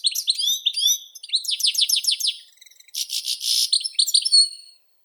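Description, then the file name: European goldfinch song: rapid liquid twitters and rolling trills, a harsh buzzy burst, then thin high notes trailing off. "Golosa ptic - CSHegol Carduelis carduelis"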